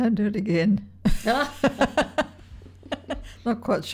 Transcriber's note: laughter